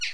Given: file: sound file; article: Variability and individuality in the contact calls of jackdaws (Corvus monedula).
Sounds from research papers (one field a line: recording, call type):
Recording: jackdaw call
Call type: noisy